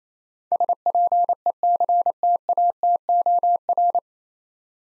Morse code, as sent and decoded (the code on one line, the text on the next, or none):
... .--. . -.-. - .- - --- .-.
SPECTATOR